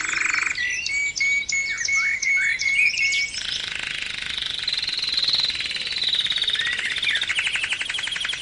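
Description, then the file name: Canary song with fast chattering notes and a sustained whistled tone, then a long buzzy rolling trill at a steady, rapid rate. Canary song used for training or conditioning ('terapi') of cage birds. "kenari terapi omkicau"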